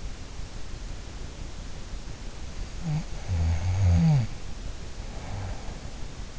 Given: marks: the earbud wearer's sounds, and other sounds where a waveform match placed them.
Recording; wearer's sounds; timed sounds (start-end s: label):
sounds in sleep by an in-ear microphone; snoring breath
2.26-6.39 s: snoring breath